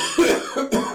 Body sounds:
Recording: coughing mixed with background sound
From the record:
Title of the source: Residual Phlegmy Morning Coughing and Gagging

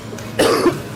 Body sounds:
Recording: coughing mixed with background sound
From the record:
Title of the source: Coughing 77

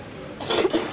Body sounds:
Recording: coughing mixed with background sound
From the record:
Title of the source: 61 morning phlegmy cough...again

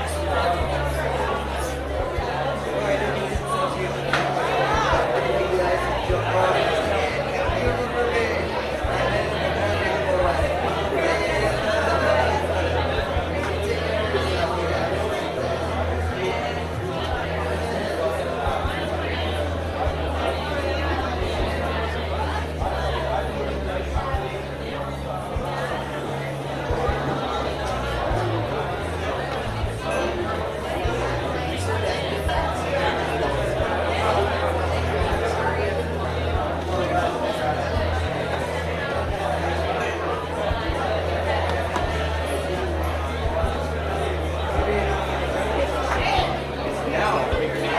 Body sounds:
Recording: background sound without coughing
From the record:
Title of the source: CITY SOUNDS Busy Bar in the Evening Night - 2 HOURS of Ambiance for Relaxation

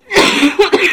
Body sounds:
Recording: coughing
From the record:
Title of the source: 64 coughing, allergies, singing lungs

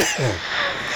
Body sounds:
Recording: coughing mixed with background sound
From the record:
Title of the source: Dry Afternoon Cough

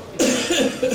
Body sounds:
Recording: coughing mixed with background sound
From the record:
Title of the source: Spring Cold Coughing.

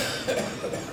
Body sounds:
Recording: coughing mixed with background sound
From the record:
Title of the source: Cough Around the Clock!

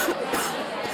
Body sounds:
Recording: coughing mixed with background sound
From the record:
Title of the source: 30 Chesty and wet cough

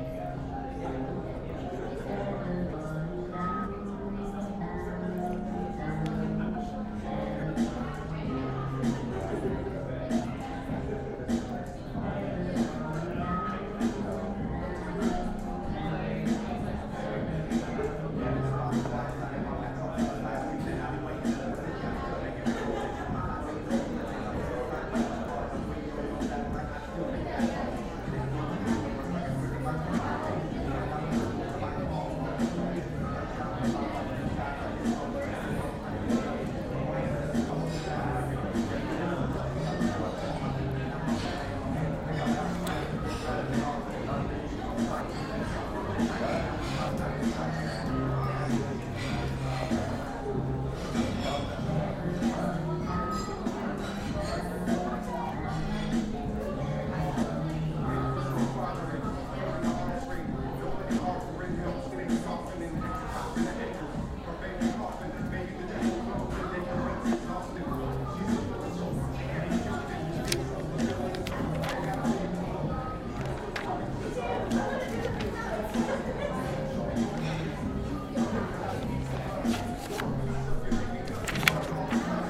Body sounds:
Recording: background sound without coughing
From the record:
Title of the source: 60 minutes of coffee shop sounds for study and concentration

